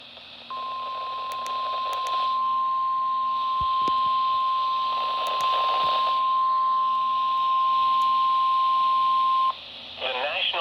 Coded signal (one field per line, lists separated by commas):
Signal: Emergency Alert System (SAME) tones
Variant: 1050 Hz attention tone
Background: speech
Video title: Severe T-Storm Warning for 2 Vermont Counties (EAS #31)